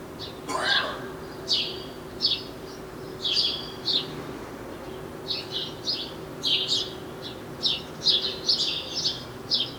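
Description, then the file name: House sparrow chirping, a steady run of short bright chirps, with one lower rough note near the start. "Passer domesticus"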